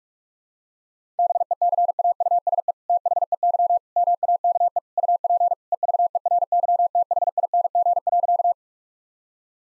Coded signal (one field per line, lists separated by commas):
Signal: Morse code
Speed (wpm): 46 wpm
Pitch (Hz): 700 Hz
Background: none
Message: BECAUSE THEY MAKE UP EVERYTHING.